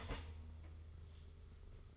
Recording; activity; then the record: daily activity, microphone in the room; start toaster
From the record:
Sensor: 4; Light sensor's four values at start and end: 18/56/21/21 and 18/57/22/21